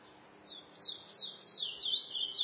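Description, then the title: Chestnut-bellied seed finch delivering a brief rising-and-falling whistled warble that gains strength toward the end, against low steady background noise. "Canto De Curio"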